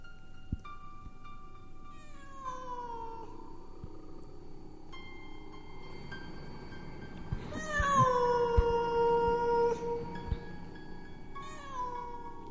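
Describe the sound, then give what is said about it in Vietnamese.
A cat in a graveyard lets out several long, drawn-out meows, faint and far-off, each sliding downward in pitch. The longest, loudest wail swells in the middle before a shorter cry at the end. “Xung quanh đây văng vẳng có tiếng con mèo kêu lên đâu đó, nghe đến rợn cả người.”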